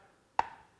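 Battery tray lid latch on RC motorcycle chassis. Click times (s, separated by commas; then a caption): 0.4 s. The aluminum battery tray door on an upgraded Promoto MX RC motorcycle chassis is pushed closed, and its round-peg-and-round-hole latch snaps shut with one sharp click at 0.4 s, followed by a brief ringing tone near 900 Hz that fades within about 0.2 s. The latch seats and the door stays closed by itself.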